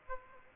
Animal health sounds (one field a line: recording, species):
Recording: mosquito wingbeat signal from an infrared sensor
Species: Aedes aegypti